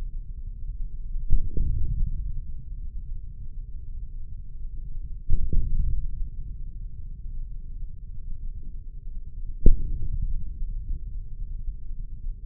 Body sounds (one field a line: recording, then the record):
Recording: forearm muscle sounds (acoustic myography)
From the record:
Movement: hand opening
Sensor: system 3, bracelet of six PUI Audio POM-2738L microphones around the upper forearm, with dedicated amplification and filtering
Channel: 5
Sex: male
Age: 55 years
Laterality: right